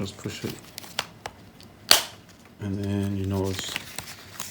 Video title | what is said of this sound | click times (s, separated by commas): Easy Fixes for Common Brother DK Label Cartridge Issues | And then you know it's in there, snaps in place like a button. | 1.9 s